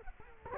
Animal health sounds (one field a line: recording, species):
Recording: mosquito wingbeat signal from an infrared sensor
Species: Culex quinquefasciatus